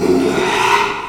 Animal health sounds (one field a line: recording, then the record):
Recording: squeal of a Yucatan mini pig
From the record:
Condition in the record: after surgery on the right vocal fold (resection and tissue-engineered implant)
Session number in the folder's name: 1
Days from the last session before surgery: 6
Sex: male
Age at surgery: 12 weeks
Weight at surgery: 13 kg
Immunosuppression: cyclosporine, prednisolone